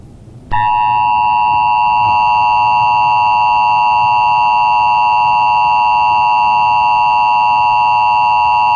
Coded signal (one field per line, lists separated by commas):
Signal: Emergency Alert System (SAME) tones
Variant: 853 and 960 Hz attention tone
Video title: Black Sun (2015) | The Solar Collapse – EAS Scenario